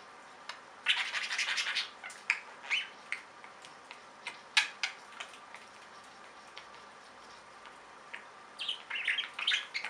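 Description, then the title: Budgerigar chatter: bursts of scratchy, warbled notes and sharp clicks, with a busy stretch near the start, scattered ticks in the middle and another chattering burst at the end. "Budgie Sounds"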